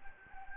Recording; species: mosquito wingbeat signal from an infrared sensor; Anopheles gambiae